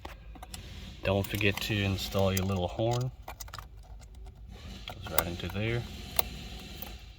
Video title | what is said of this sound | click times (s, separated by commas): 2007 toyota corolla cruise control replacement pt2 | This locks into place. | 6.2 s